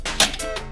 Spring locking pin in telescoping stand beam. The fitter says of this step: and once you hear that click you'll know that it's all locked in place